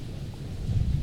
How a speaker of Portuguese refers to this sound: Tô aqui na cidade de Cruzeiro, São Paulo. Vim aqui na Polícia Federal resolver uns negócios de passaporte. E eu fui estacionar um carro, começou uma chuva de granizo.